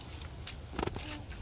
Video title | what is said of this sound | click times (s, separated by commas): Top Used Must Have Baby Registry Items - Baby Gift Guide - Week of Thankfulness Day 6 | awesome it just clicks right in and now we're ready for our stroll | 0.8 s, 0.9 s